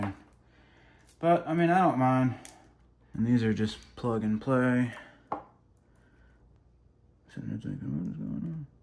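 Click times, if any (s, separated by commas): none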